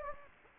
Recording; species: mosquito wingbeat signal from an infrared sensor; Anopheles gambiae